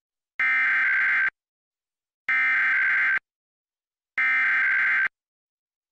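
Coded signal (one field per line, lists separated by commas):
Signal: Emergency Alert System (SAME) tones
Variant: header bursts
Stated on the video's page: Emergency alert tests recorded off air from various broadcast stations, some from long unattended recordings.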